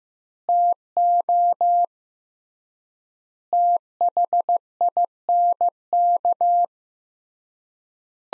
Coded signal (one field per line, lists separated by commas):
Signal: Morse code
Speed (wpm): 15 wpm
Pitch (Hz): 700 Hz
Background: none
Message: TO THINK